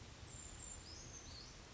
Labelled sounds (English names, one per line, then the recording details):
Brown Creeper
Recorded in Sonoma County, California